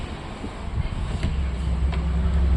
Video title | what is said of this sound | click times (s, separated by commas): How TO การติดตั้งหลอดไฟหน้ารถยนต์ EV Neta V ขั้ว H7 | ก็หมุนให้เข้าล็อคแค่นั้นเลยนะครับแค่นี้จบ | 1.2 s